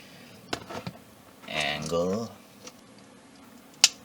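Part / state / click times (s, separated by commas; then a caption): plastic piece clipped onto toy robot figure / seated / 3.8 s. A second plastic piece is angled and clipped onto an Action Toys Mini Action Combattler V toy robot figure while someone talks, with a few faint handling ticks early on. It seats with one sharp, loud click at 3.8 s.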